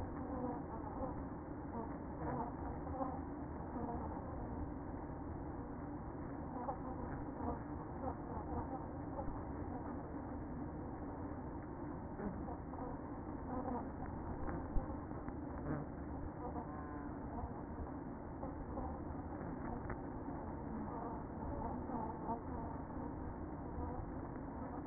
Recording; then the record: honeybee colony, microphone inside the hive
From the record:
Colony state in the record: queen present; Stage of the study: after two queens were removed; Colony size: about 60,000 bees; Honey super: yes